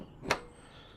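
A Givi Trekker Outback Evo Smart side case from a 33/37 litre combo is fitted onto a motorcycle pannier rack without getting fully into place, producing a single sharp clack at 0.3 s against an otherwise quiet background. Only one of the two latches engages: one indicator shows green while the other stays red, so a further push is still needed to lock the case.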